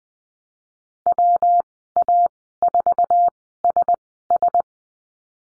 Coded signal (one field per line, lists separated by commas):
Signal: Morse code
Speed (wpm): 20 wpm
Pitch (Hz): 700 Hz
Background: none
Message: WA4SS